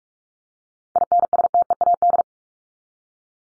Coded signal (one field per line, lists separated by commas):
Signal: Morse code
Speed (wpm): 44 wpm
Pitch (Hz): 700 Hz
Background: none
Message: INSTEAD